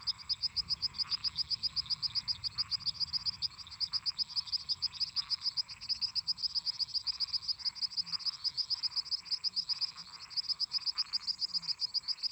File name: Grilos cantando constantemente em conjunto com sapos e ras